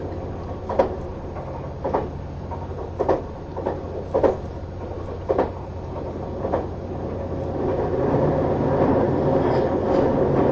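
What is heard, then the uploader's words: A train runs steadily, its engine and motor giving a constant low hum. Sharp clicks and knocks from the wheels on rail joints come roughly every second through the first seven seconds, then fade as a smoother, slightly louder rumble takes over. HC85系 ひだ01号(グリーン車). 名古屋～高山. 列車走行音. A great balance between the engine sound and the motor sound in a quiet space of the green car.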